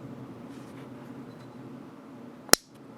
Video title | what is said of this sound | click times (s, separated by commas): Glock Detail Strip And Reassembly (IN HD) | it some more pressure here and listen for the click you're done the | 2.5 s